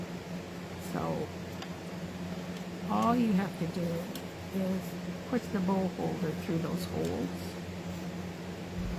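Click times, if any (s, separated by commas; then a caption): none. A plastic bow holder is handled at the holes of a bow maker platform, ready to be pushed through, while someone talks over a steady low hum. Nothing has seated or clicked yet.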